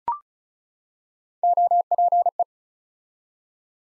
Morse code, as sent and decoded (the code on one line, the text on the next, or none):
--- .--. .
OPE